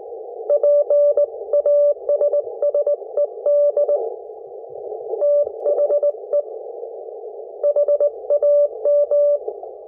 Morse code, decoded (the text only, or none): PASSED THE HAM